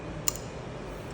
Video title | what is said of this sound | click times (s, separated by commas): Standard Arterial Line Set-Up | I just push. You'll hear a click | 0.3 s